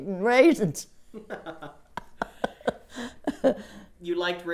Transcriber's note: laughs